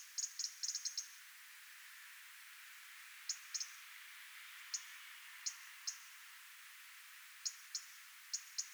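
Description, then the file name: European robin producing a quick run of sharp high ticks, followed by spaced single and double clicks over a soft background hiss. "Erithacus rubecula"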